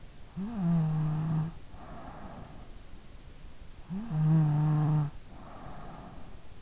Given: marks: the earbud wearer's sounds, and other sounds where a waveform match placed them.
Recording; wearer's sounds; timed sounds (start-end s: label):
sounds in sleep by an in-ear microphone; snoring breath
0.42-2.77 s: snoring breath
3.86-6.29 s: snoring breath